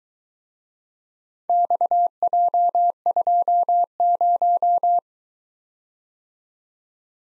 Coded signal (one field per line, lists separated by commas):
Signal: Morse code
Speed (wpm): 22 wpm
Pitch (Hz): 700 Hz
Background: none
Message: XJ20